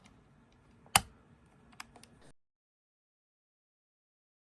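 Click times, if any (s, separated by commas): 1.0 s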